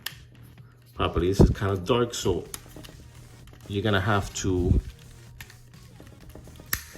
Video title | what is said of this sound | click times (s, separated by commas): Transformers Legacy MENASOR Combine and Upgrade Kit #transformerslegacy #stunticons #menasor | there we go so you hear you hear that snap | 6.7 s